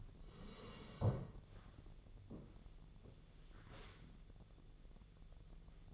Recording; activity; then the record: daily activity, microphone in the room; sit down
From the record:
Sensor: 4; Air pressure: 1001.2 hPa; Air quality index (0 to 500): 182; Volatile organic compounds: 2 ppm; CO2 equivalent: 1304 ppm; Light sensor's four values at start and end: 14/33/13/14 and 14/33/13/14